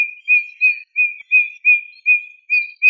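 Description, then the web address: Eurasian bullfinch calling: a run of soft, level piping whistles on one steady pitch, about eight notes, repeated roughly every third of a second. "Pyrrhula pyrrhula"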